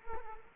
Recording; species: mosquito wingbeat signal from an infrared sensor; Culex quinquefasciatus